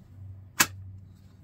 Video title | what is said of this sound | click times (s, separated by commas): BEST KYDEX SHEATHS- RECENT CLIENT OFFERINGS VIDEO JAN 2023- YELLOW HAWK CUSTOMS OUTDOORS | there it is that is the number one reason guys have a custom Kydex sheath made is that click | 0.6 s